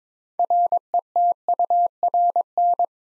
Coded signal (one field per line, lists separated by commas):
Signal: Morse code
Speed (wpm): 22 wpm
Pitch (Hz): 700 Hz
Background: none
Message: RETURN